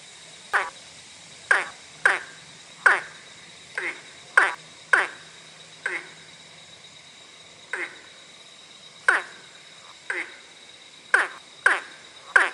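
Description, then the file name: Ornate burrowing frog calling with brief, knocking notes, repeated at uneven intervals of about one second, against quiet background hiss. "platyplectrum ornatum"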